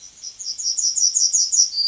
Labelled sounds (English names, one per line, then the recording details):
Yellowhammer song
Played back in forest
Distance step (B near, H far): B
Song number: 044